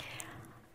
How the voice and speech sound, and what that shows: Two people, actually, who have severe speech disorder. They're saying the same utterance.